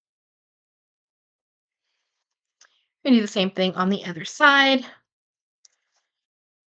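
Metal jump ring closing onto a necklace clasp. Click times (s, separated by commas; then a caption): 5.7 s. A metal jump ring on a necklace clasp is twisted side to side to close it until its two ends meet. Someone talks, and a faint tick comes at 2.6 seconds. The ring then clicks closed with a sharp little click at 5.7 seconds.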